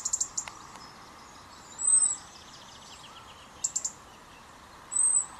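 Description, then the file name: European robin calls: short clusters of sharp ticks alternating with thin high drawn-out whistles, about two of each over a few seconds. "Erithacus rubecula"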